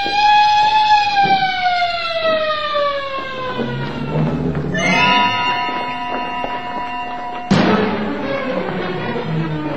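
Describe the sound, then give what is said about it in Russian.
Loud fire engine sirens wail with no voices, their tones sliding downward before settling into steady overlapping pitches, then a sudden sharp burst of sound near the end. “Пожарные машины!”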